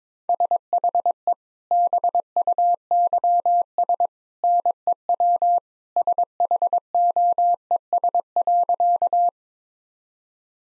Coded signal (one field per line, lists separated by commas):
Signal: Morse code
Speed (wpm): 22 wpm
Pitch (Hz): 700 Hz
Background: none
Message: SHE BUYS NEW SHOES.